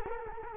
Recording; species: mosquito wingbeat signal from an infrared sensor; Culex quinquefasciatus